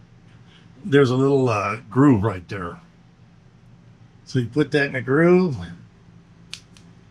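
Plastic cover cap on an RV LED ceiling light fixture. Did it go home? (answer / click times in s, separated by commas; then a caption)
yes / 6.5 s. Someone talks while setting the plastic cover cap of an RV LED ceiling light fixture into its groove. The cap is pressed home and snaps in with a sharp click at 6.5 s, followed by a fainter tick at 6.8 s, and the cap is seated.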